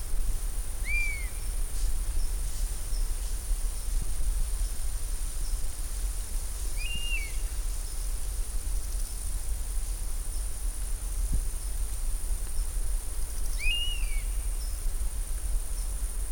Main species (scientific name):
Pernis apivorus